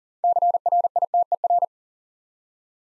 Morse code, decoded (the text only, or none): CRITER